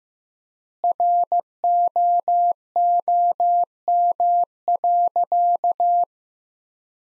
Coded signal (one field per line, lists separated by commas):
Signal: Morse code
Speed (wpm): 15 wpm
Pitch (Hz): 700 Hz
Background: none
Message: ROOM.